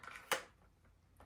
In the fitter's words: that SL that snaps in place